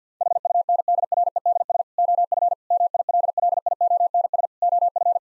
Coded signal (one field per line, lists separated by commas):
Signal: Morse code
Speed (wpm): 50 wpm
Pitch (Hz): 700 Hz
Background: none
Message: HUNDREDS OF MILLIONS OF